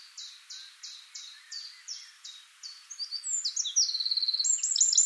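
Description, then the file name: Eurasian wren song opening with evenly spaced high notes about three per second, then speeding up into rapid warbling and a fast rattling trill. "Troglodytes troglodytes"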